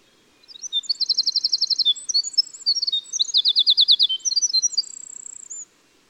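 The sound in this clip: Winter wren singing a high, bubbling run of twittering notes broken by two rapid, evenly pulsed trills, finishing in a fine, steady high trill.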